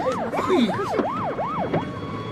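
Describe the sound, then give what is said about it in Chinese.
A police car siren wails as police arrive, in rapid repeated up-and-down sweeps, about five rising and falling cycles, loud and steady with a low rumble of traffic underneath. “这下好了，警察来了。”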